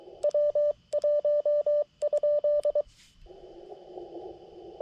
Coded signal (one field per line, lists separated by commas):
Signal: Morse code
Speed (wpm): 23 wpm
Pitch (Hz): 590 Hz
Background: none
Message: W1?